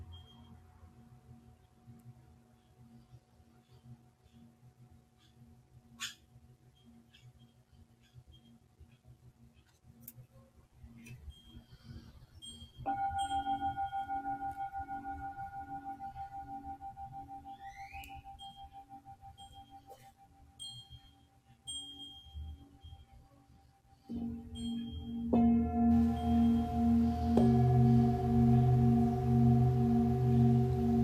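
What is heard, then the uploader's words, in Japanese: A singing bowl hums steadily, is struck again near 13 seconds and fades slowly, then swells louder and pulsing after 24 seconds. 真夜中のシンギングボウルのサウンドヒーリング。チベタンシンギングボウルボウル。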